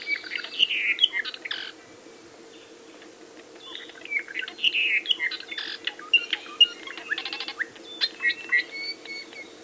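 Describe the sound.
Apapane singing varied phrases of chirps, whistles, buzzy trills and clicks in bursts, with a pause near two seconds, over a steady low hum.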